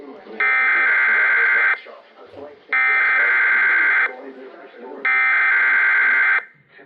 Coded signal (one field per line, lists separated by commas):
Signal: Emergency Alert System (SAME) tones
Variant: header bursts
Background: speech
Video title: NWS Ruskin Morning Weekly Test + TFT Relay (3/4/26) (New EAS 974)